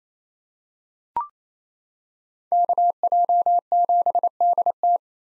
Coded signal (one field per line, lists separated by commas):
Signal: Morse code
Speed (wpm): 28 wpm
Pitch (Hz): 700 Hz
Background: none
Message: KJ7DT